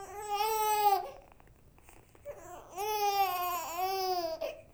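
An infant crying in repeated wailing bursts with a clear harmonic tone and short pauses between them, as heard in a toy sound file from a Fisher-Price update package.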